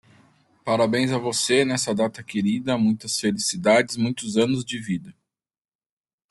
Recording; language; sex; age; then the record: short text; Brazilian Portuguese; male; 40 to 49 years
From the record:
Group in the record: control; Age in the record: 43 years